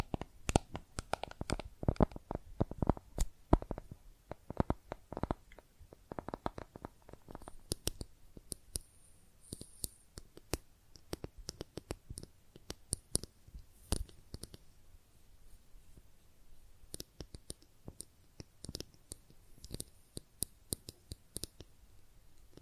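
Makeup tapping and scratching sounds, a dense run of sharp clicks and taps through the whole stretch. The taps are quick and irregular, heaviest and loudest in the first eight seconds, then sparser and softer, with a few bright scratchy strokes around nine to ten seconds.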